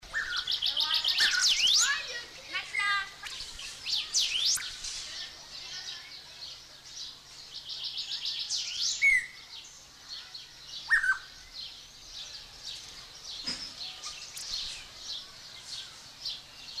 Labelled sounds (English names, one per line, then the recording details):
Streak-breasted Scimitar Babbler call
Common Chaffinch
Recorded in captivity
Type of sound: call
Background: Fringilla coelebs, Saltator aurantiirostris
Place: Zoo Berlin, Berlin, DE
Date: 1991-06-03 10:38
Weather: cloudy, 12-15 °C
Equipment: Marantz, Sennheiser ME 80, Kopie Tesla B 116
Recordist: Tembrock, Günter
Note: Bei Tembrock: Rotwangensäbler/ Rotkehlsäbler. Rufe